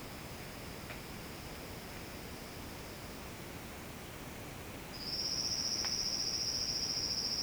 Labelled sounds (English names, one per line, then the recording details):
none
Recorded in secondary vegetation near Puerto Asís, Putumayo, Colombia, on 18 February 2024 at 08:30
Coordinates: 0.472, -76.331
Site G6371